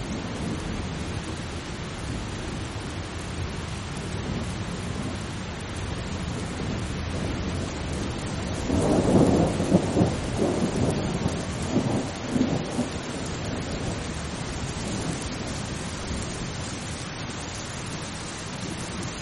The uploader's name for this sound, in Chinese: 雷雨声：平静的雨